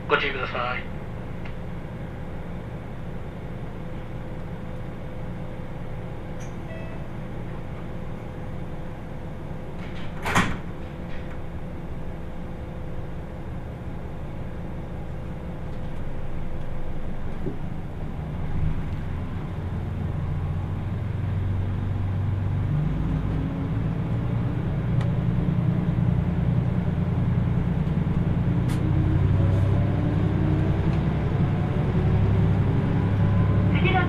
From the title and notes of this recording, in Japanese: 豊肥本線 九州横断特急3号 熊本→立野。列車はキハ185系の2両編成、しかもワンマン運転です。自由席と指定席が1両ずつ、自分は指定席のほうに座ります。